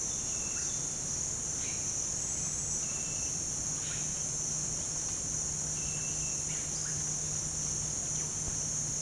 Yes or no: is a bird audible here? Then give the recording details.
no. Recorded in pastures near Puerto Asís, Putumayo, Colombia, on 22 December 2024 at 07:00. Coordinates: 0.466, -76.322. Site G040